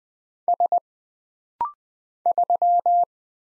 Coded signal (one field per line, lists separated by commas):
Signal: Morse code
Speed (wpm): 20 wpm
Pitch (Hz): 700 Hz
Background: none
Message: S 3